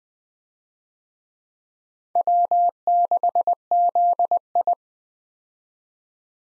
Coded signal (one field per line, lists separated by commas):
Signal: Morse code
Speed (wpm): 20 wpm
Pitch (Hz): 700 Hz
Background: none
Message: W6ZI